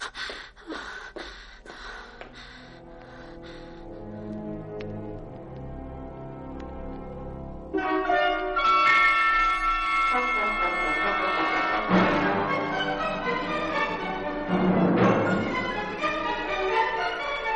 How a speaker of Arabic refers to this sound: يا إلهي، جرس الباب يدق.